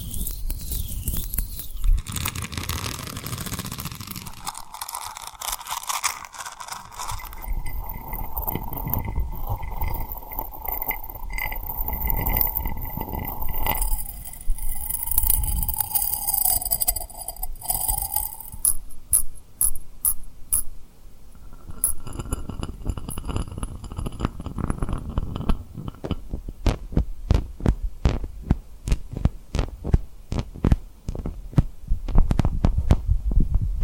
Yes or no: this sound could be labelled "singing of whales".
no